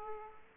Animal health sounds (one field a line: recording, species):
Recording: mosquito wingbeat signal from an infrared sensor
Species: Aedes aegypti